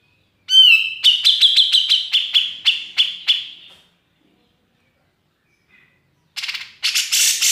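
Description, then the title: Grey-cheeked bulbul opening with a clear ringing note, then a fast series of clipped high notes slowing and fading, later a harsh rasping burst. Masteran training recording, used for tutoring songbirds. "MASTERAN CUCAK JENGGOT"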